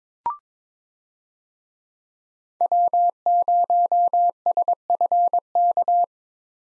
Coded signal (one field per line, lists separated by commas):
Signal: Morse code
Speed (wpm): 22 wpm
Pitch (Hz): 700 Hz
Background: none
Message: W0SFK